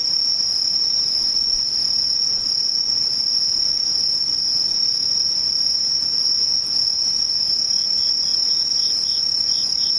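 Insects trill in a steady, unbroken high-pitched drone with several stacked bright tones, over a faint low hiss throughout.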